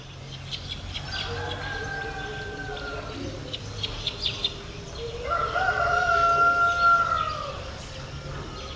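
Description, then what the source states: Rooster crowing, two long drawn-out harmonic crows, the second louder, with low background hum. Rooster crowing at sunrise on a Sunday, Nkolmbong-Nord neighborhood, Émana, Yaoundé 1, Cameroon, 24 March 2024, 6:31 a.m., recorded on an iPhone 7.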